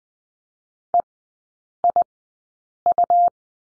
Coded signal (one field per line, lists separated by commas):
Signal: Morse code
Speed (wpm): 20 wpm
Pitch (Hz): 700 Hz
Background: none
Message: EIU